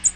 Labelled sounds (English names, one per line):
American Redstart flight call